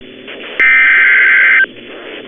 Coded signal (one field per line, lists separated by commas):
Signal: Emergency Alert System (SAME) tones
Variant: header bursts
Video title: Severe Thunderstorm Warning (EAS #1 #eas)